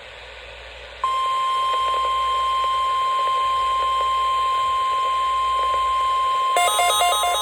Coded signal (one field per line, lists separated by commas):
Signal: Emergency Alert System (SAME) tones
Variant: 1050 Hz attention tone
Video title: EAS 67:: PBZ RWT for the week of July 4, 2021 + Thanks for 50 subs